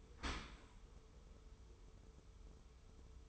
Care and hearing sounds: daily activity, microphone in the room; open dishwasher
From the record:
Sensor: 1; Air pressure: 1015.0 hPa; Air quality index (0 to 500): 25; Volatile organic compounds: 0 ppm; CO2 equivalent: 500 ppm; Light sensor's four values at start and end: 13/30/12/13 and 13/30/12/13

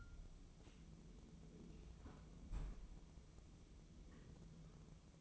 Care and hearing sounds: daily activity, microphone in the room; close fridge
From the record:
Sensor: 1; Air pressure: 988.4 hPa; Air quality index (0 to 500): 199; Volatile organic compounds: 1000 ppm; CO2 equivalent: 5327 ppm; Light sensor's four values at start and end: 26/98/37/38 and 26/98/37/38

